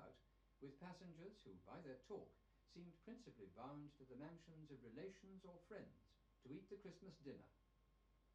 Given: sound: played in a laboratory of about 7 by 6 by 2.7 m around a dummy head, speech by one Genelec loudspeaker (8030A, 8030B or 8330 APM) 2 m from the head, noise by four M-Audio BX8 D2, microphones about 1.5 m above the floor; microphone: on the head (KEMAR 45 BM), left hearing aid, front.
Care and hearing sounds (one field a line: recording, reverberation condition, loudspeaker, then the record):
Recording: male speech in English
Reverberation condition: low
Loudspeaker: 120 degrees to the right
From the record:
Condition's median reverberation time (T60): about 310 ms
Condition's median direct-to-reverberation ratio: about 3.5 dB